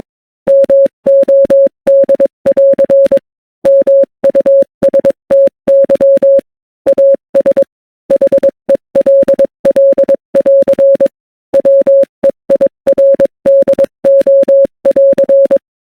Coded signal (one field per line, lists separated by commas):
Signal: Morse code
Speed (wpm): 22 wpm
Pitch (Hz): 550 Hz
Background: none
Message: MOD<AR> MUSTY AS HELL<AR> WEIRDO<AR>